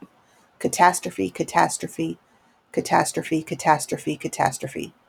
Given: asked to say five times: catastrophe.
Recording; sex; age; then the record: repeated word; female; 40 to 49 years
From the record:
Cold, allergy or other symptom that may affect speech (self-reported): no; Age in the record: 48 years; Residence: Ohio, United States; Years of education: 16